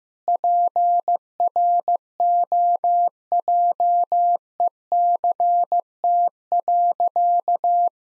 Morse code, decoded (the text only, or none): PROJECT.